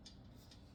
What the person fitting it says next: When you hear that snap, then you know it's in there. If you don't hear that snap, it ain't right.